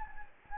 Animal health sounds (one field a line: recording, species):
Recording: mosquito wingbeat signal from an infrared sensor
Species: Anopheles gambiae